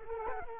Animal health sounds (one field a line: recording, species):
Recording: mosquito wingbeat signal from an infrared sensor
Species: Culex quinquefasciatus